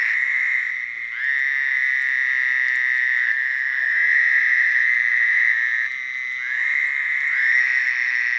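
Toads trilling in chorus, long buzzy trills at a steady pitch overlapping one another without a break, new trills starting every couple of seconds.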